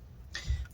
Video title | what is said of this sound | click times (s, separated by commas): HP Chromebook 14-db0023dx Disassembly LCD Screen Battery Replacement Repair Nothing Upgradeable | right clicked into place put the adhesive back down put that adhesive back down | 0.4 s